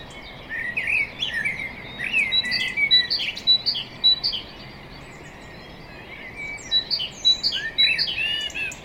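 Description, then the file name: Common blackbird song, busy stream of warbled sweeps and squeaky high notes, pausing briefly mid-way before resuming, light steady background noise. "Turdus merula"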